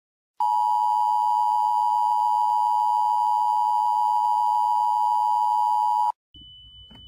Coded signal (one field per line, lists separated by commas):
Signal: Emergency Alert System (SAME) tones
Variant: 853 and 960 Hz attention tone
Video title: EAS scenario 35 (MEGA): The Minecraft disaster 4: the time has come